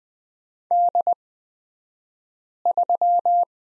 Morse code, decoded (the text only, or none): D3